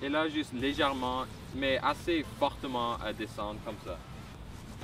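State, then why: Not seated. Hands press down on the front trunk lid of a Tesla Model S 75D electric car, pushing it toward its body latch while someone talks. The lid is being handled, and nothing has latched or clicked yet by the end of the clip.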